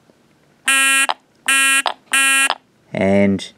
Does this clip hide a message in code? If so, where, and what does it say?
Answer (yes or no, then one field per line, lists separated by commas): no